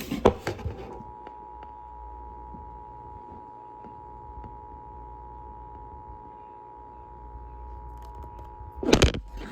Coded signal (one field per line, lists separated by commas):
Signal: Emergency Alert System (SAME) tones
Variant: 853 and 960 Hz attention tone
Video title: (EAS #2,989 - #3,008) WE FINALLY GOT SOME THINGS - EAS Alerts from 8/18/26 - 8/19/26